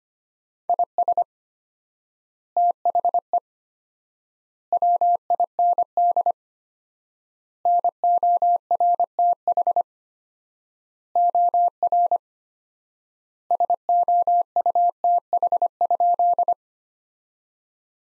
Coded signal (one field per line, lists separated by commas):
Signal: Morse code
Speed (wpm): 25 wpm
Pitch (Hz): 700 Hz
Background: none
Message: IS THE WIND NORTH OR SOUTH?